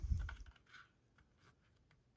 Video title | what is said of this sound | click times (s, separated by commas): Star Wars Micro Galaxy Squadron Rebel U-Wing Toy Unboxing and Review | So that's pretty tight fit. There we go. | 0.3 s